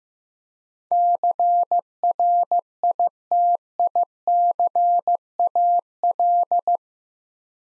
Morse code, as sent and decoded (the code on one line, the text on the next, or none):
-.-. .-. .. - .. -.-. .- .-..
CRITICAL